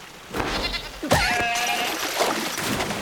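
A sheep bleats in a wavering, nasal cry that starts abruptly and trails off, followed by softer rustling noise with no talking.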